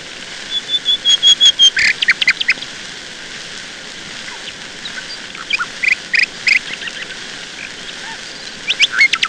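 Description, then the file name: Nightingale song: a high drawn-out whistle followed by quick chattering note series, then pauses and further rapid clicking phrases, with constant background hiss. "Solovei"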